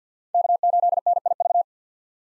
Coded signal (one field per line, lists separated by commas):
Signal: Morse code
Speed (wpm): 49 wpm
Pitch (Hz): 700 Hz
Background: none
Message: K8NIV